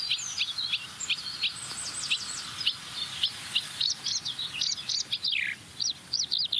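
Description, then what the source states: Marsh warbler song, fast high chattering and trilled phrases rising and falling quickly, with steady faint hiss behind. Song with mimicry, imitating a skylark within the song; most of its imitations are of African species.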